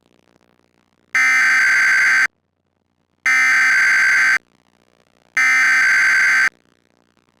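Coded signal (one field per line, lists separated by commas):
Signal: Emergency Alert System (SAME) tones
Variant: header bursts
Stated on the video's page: Weekly EAS test on a cable system that malfunctioned, producing an error.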